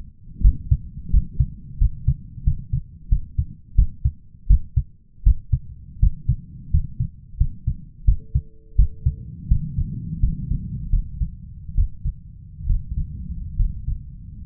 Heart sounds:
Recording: heart sounds by stethoscope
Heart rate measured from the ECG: 81 bpm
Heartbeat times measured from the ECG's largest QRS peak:
0.42 s: heartbeat
1.11 s: heartbeat
1.78 s: heartbeat
2.44 s: heartbeat
3.09 s: heartbeat
3.75 s: heartbeat
4.47 s: heartbeat
5.23 s: heartbeat
6.00 s: heartbeat
6.71 s: heartbeat
7.38 s: heartbeat
8.05 s: heartbeat
8.76 s: heartbeat
9.48 s: heartbeat
10.20 s: heartbeat
10.90 s: heartbeat
11.75 s: heartbeat
12.67 s: heartbeat
13.56 s: heartbeat
14.45 s: heartbeat
From the record:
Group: healthy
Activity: rest 0-9 s, breath hold 9-14 s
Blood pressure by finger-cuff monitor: 158/91 mmHg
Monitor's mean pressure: 111 mmHg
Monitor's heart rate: 85 bpm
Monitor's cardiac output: 8.3 L/min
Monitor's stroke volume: 97 mL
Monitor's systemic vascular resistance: 980 dyn s/cm5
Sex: male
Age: 23 years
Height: 179 cm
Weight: 87 kg

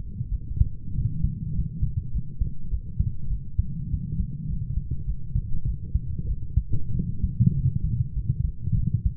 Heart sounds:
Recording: heart sounds by stethoscope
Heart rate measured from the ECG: 99 bpm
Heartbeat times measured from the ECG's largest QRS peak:
0.31 s: heartbeat
0.94 s: heartbeat
1.54 s: heartbeat
2.12 s: heartbeat
2.70 s: heartbeat
3.29 s: heartbeat
3.90 s: heartbeat
4.47 s: heartbeat
5.05 s: heartbeat
5.65 s: heartbeat
6.27 s: heartbeat
6.93 s: heartbeat
7.54 s: heartbeat
8.14 s: heartbeat
8.75 s: heartbeat
From the record:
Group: healthy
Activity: light exercise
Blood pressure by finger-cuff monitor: 132/79 mmHg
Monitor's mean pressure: 93 mmHg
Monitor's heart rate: 101 bpm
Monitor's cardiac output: 7.8 L/min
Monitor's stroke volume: 78 mL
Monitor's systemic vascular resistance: 890 dyn s/cm5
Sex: female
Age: 22 years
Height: 160 cm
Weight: 63 kg

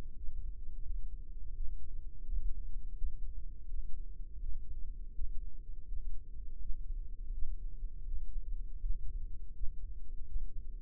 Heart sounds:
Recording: heart sounds by microphone in the right ear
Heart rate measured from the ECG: 83 bpm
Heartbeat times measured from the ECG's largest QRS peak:
0.13 s: heartbeat
0.82 s: heartbeat
1.52 s: heartbeat
2.22 s: heartbeat
2.94 s: heartbeat
3.66 s: heartbeat
4.39 s: heartbeat
5.12 s: heartbeat
5.85 s: heartbeat
6.58 s: heartbeat
7.30 s: heartbeat
8.04 s: heartbeat
8.78 s: heartbeat
9.51 s: heartbeat
10.24 s: heartbeat
From the record:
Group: healthy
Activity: Valsalva maneuver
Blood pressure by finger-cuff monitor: 102/55 mmHg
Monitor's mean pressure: 68 mmHg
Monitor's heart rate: 82 bpm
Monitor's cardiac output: 7 L/min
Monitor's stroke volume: 83 mL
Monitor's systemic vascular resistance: 700 dyn s/cm5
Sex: female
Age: 26 years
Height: 165 cm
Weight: 55 kg

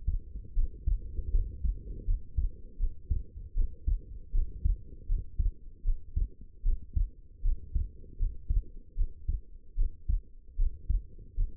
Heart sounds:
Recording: heart sounds by stethoscope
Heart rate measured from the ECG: 78 bpm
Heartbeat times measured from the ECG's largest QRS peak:
0.54 s: heartbeat
1.31 s: heartbeat
2.06 s: heartbeat
2.78 s: heartbeat
3.55 s: heartbeat
4.32 s: heartbeat
5.07 s: heartbeat
5.84 s: heartbeat
6.63 s: heartbeat
7.42 s: heartbeat
8.18 s: heartbeat
8.96 s: heartbeat
9.76 s: heartbeat
10.57 s: heartbeat
11.35 s: heartbeat
From the record:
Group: healthy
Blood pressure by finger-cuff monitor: 97/60 mmHg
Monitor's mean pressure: 71 mmHg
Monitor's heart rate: 77 bpm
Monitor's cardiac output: 5.9 L/min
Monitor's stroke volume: 76 mL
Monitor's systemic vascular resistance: 860 dyn s/cm5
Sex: female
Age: 19 years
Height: 163 cm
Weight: 51 kg

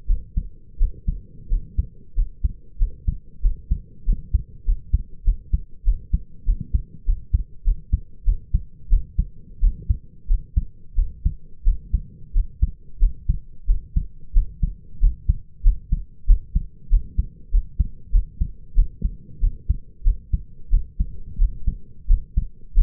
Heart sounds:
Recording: heart sounds by stethoscope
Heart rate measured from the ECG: 93 bpm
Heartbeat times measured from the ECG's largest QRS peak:
0.07 s: heartbeat
0.78 s: heartbeat
1.49 s: heartbeat
2.15 s: heartbeat
2.78 s: heartbeat
3.42 s: heartbeat
4.05 s: heartbeat
4.65 s: heartbeat
5.24 s: heartbeat
5.85 s: heartbeat
6.46 s: heartbeat
7.05 s: heartbeat
7.64 s: heartbeat
8.25 s: heartbeat
8.89 s: heartbeat
9.60 s: heartbeat
10.27 s: heartbeat
10.95 s: heartbeat
11.64 s: heartbeat
12.33 s: heartbeat
12.99 s: heartbeat
13.67 s: heartbeat
14.33 s: heartbeat
15.00 s: heartbeat
15.63 s: heartbeat
16.27 s: heartbeat
16.89 s: heartbeat
17.51 s: heartbeat
18.12 s: heartbeat
18.75 s: heartbeat
19.40 s: heartbeat
20.03 s: heartbeat
20.70 s: heartbeat
21.38 s: heartbeat
22.07 s: heartbeat
22.74 s: heartbeat
From the record:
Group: healthy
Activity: cold pressor test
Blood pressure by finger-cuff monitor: 96/64 mmHg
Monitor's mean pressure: 75 mmHg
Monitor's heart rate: 92 bpm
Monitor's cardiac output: 6.5 L/min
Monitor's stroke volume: 69 mL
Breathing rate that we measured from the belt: 24 breaths a minute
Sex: male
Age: 22 years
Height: 181 cm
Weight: 60 kg

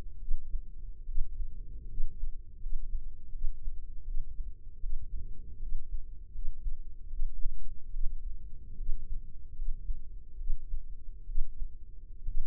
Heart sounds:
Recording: heart sounds by microphone in the left ear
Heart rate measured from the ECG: 75 bpm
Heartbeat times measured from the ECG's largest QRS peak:
0.17 s: heartbeat
1.03 s: heartbeat
1.86 s: heartbeat
2.58 s: heartbeat
3.30 s: heartbeat
4.03 s: heartbeat
4.78 s: heartbeat
5.57 s: heartbeat
6.30 s: heartbeat
7.08 s: heartbeat
7.89 s: heartbeat
8.75 s: heartbeat
9.53 s: heartbeat
10.36 s: heartbeat
11.24 s: heartbeat
12.23 s: heartbeat
From the record:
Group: healthy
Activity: rest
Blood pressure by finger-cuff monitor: 115/83 mmHg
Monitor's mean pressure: 96 mmHg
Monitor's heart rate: 76 bpm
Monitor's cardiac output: 6.1 L/min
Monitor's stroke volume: 82 mL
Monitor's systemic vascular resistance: 1180 dyn s/cm5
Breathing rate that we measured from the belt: 17 breaths a minute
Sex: female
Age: 23 years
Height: 160 cm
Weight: 50.4 kg

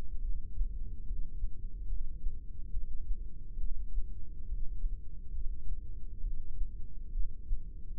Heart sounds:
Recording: heart sounds by microphone in the right ear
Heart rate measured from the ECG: 70 bpm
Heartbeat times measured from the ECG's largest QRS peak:
0.23 s: heartbeat
1.06 s: heartbeat
1.89 s: heartbeat
2.72 s: heartbeat
3.59 s: heartbeat
4.48 s: heartbeat
5.34 s: heartbeat
6.22 s: heartbeat
7.13 s: heartbeat
From the record:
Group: heart failure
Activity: rest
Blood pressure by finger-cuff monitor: 125/91 mmHg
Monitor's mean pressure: 103 mmHg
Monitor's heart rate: 71 bpm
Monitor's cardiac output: 6.2 L/min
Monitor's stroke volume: 87 mL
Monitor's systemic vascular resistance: 1240 dyn s/cm5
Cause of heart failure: idiopathic cardiomyopathy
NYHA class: 1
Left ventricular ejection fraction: 50%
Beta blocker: bisoprolol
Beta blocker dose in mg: 5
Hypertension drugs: candesartan, spironolactone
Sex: male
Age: 54 years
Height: 180 cm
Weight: 94.6 kg

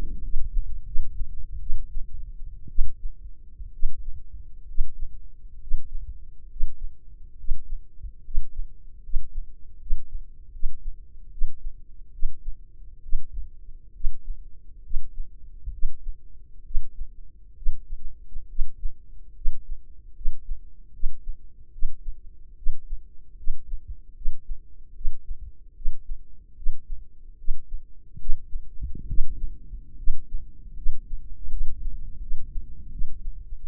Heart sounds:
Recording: heart sounds by microphone in the left ear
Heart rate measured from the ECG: 72 bpm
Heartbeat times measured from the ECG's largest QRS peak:
0.23 s: heartbeat
0.85 s: heartbeat
1.60 s: heartbeat
2.69 s: heartbeat
3.72 s: heartbeat
4.66 s: heartbeat
5.59 s: heartbeat
6.48 s: heartbeat
7.36 s: heartbeat
8.22 s: heartbeat
9.01 s: heartbeat
9.78 s: heartbeat
10.51 s: heartbeat
11.30 s: heartbeat
12.11 s: heartbeat
13.02 s: heartbeat
13.93 s: heartbeat
14.83 s: heartbeat
15.71 s: heartbeat
16.64 s: heartbeat
17.55 s: heartbeat
18.48 s: heartbeat
19.34 s: heartbeat
20.14 s: heartbeat
20.92 s: heartbeat
21.71 s: heartbeat
22.56 s: heartbeat
23.36 s: heartbeat
24.14 s: heartbeat
24.94 s: heartbeat
25.74 s: heartbeat
26.55 s: heartbeat
27.37 s: heartbeat
28.18 s: heartbeat
29.06 s: heartbeat
29.96 s: heartbeat
30.75 s: heartbeat
31.49 s: heartbeat
32.20 s: heartbeat
32.90 s: heartbeat
33.58 s: heartbeat
From the record:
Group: healthy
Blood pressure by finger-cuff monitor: 103/58 mmHg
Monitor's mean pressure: 71 mmHg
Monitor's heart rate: 75 bpm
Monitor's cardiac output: 6.6 L/min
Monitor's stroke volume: 90 mL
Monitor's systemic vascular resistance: 730 dyn s/cm5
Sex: female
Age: 22 years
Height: 157 cm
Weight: 47.6 kg

